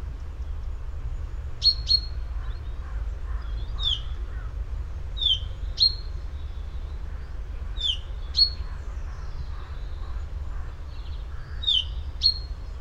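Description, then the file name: Common chaffinch calling with brief sharp notes, single and doubled, every few seconds against a continuous low-pitched rumble. "Fringilla coelebs"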